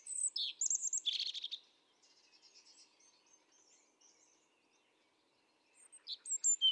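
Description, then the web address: European robin singing: a bright burst of high, thin, tumbling notes, then soft faint twittering, and another sharp sweet phrase at the end. "pub SETE data Erithacus rubecula 310717"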